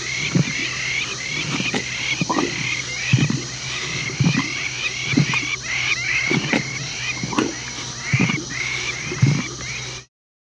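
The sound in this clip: Lion licking its paws, rhythmic rasping strokes roughly once a second, with a steady high-pitched hum running underneath throughout.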